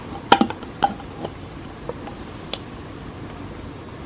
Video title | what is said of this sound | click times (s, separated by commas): Portable Mini Juicer : Unbox, Use and Maintenance | you hear a click | 0.3 s